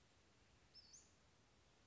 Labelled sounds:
Western Flycatcher (Empidonax difficilis)
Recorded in Sonoma County, California

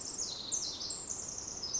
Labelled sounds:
Pacific Wren (Troglodytes pacificus)
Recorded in Sonoma County, California

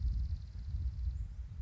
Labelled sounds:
Dark-eyed Junco (Junco hyemalis)
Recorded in Sonoma County, California

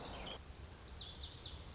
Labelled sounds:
Lazuli Bunting (Passerina amoena)
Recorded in Sonoma County, California

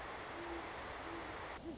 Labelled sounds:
Great Horned Owl (Bubo virginianus)
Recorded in Sonoma County, California

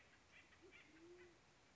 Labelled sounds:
Band-tailed Pigeon (Patagioenas fasciata)
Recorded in Sonoma County, California

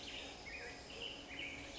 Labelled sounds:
Black-headed Grosbeak (Pheucticus melanocephalus)
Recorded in Sonoma County, California

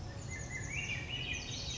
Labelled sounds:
Chestnut-backed Chickadee (Poecile rufescens)
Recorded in Sonoma County, California

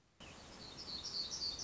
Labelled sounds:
Black-throated Gray Warbler (Setophaga nigrescens)
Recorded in Sonoma County, California

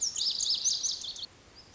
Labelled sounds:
Lazuli Bunting (Passerina amoena)
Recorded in Sonoma County, California

